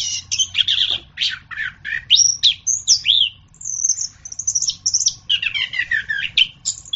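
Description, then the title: Orange-headed thrush song with sweet sliding whistles, brief harsh notes and a high twittering passage near the end, over a faint hum. "anis kembang"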